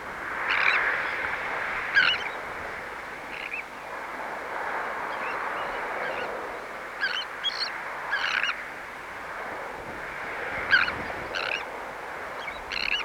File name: Sandwich Tern (Thalasseus sandvicensis)